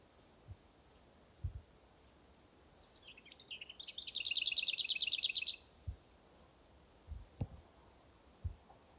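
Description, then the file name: Lesser whitethroat singing a quiet twittering lead-in, then a quick dry rattle of even notes, with scattered low thumps and clicks around it. "kis poszata hangja"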